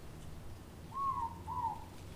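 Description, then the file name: Morepork giving its double hoot, a level first note then a softer falling second note, against quiet low rumble. Recorded in Auckland, New Zealand. "Morepork Ruru Owl Auckland New Zealand"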